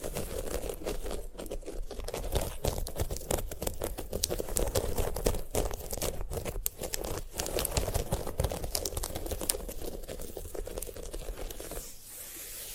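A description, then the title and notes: Rustling, crackling handling of a sunflower head fills the whole clip, a dense stream of small dry clicks, scrapes and crinkles with no pauses. The sound is bright and scratchy with a steady low rumble underneath, easing slightly in the final second. ASMR of a Sunflower Head (No Talking).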